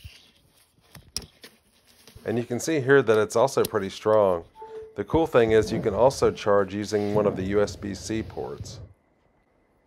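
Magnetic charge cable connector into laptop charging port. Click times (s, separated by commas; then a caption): 1.2 s. A MagSafe 3 magnetic charge cable connector on a 14-inch MacBook Pro with Apple silicon is brought to the laptop's charging port and snaps into place magnetically, with a sharp click at 1.2 s among a few faint taps around it. It is seated, and afterward someone talks about the strong hold and charging through a USB-C port.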